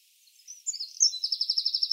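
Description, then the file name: Eurasian wren giving a short, high song fragment: a few thin notes building into a quick, evenly repeated trill that runs to the end. "Troglodytes troglodytes"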